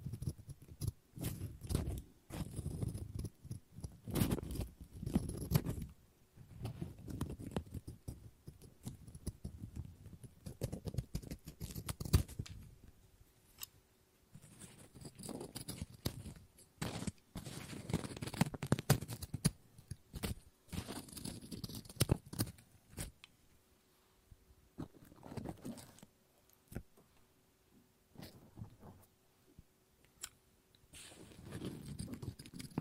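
Scissors snip and cut through paper in bursts of quick, crisp clicks, with rustling paper filling the gaps. Dense cutting runs from the start to about 12 seconds, returns around 15 to 23 seconds, then comes in shorter spurts with quiet pauses.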